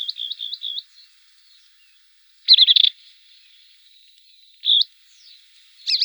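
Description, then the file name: Blyth's reed warbler giving short bursts: a few looping whistled notes, a rapid chattering cluster, then single upslurred notes separated by quiet gaps. "Kamyshovka indijskaja"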